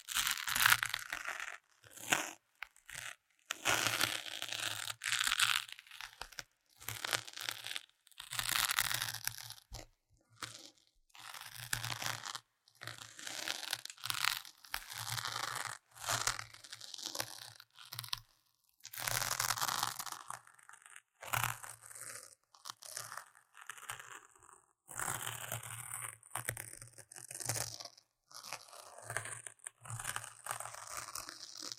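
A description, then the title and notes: Intense scratching in rapid, irregular bursts of crisp, crunchy noise with short gaps, plus a faint steady low hum underneath throughout. Tingly Intense Scratching | NO Talking.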